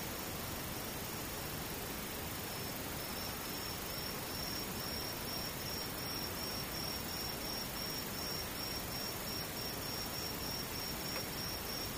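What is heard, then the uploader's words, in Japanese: Insects give a steady, high, pulsing trill that becomes clearer after a few seconds, over a constant, dense hiss that fills the background. 無音→ムシ。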